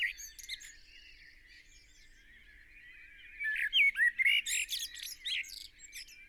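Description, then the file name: Eurasian blackbird giving a brief twitter, then after a pause a rich warbled phrase that ends in squeaky high notes. "Turdus merula"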